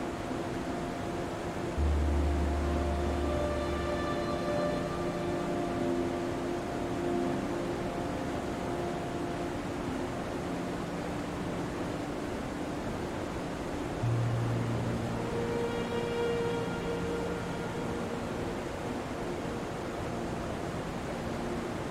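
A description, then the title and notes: A steady, dense roar of falling water fills every moment without letup, spread evenly from deep to bright. Soft sustained musical tones drift over it, with low bass notes swelling in near 2 seconds and again around 14 seconds. SLEEP with Big WATERFALL and Sweet SONG. Big waterfall accompanied by soft music.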